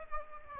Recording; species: mosquito wingbeat signal from an infrared sensor; Aedes aegypti